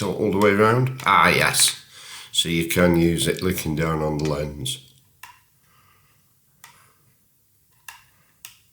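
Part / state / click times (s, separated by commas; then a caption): tilting rear screen into camera body / seated / 8.4 s. Someone talks while tilting the plastic rear screen of a small Yashica I'm Back micro mirrorless camera all the way around, then speech stops and a few light handling clicks follow near 5.2, 6.6 and 7.9 seconds. The screen is folded back against the camera body and snaps into its closed position with a sharp click at 8.5 seconds, seated in place.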